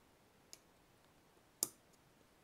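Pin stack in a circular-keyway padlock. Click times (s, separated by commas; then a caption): 1.6 s. A screwdriver used as a pick presses hard on a stiff pin in a circular-keyway padlock. A faint tick is heard at about 0.5 s, then a sharp, bright click at 1.6 s as the pin sets at the shear line. Afterward the key pin is springy.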